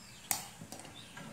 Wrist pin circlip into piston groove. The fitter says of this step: hear it click piston